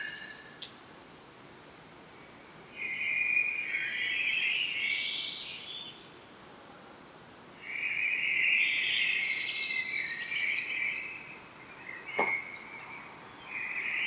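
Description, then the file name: Common blackbird singing drawn-out warbling phrases separated by short pauses, with brief clicks and constant hiss. "Turdus merula"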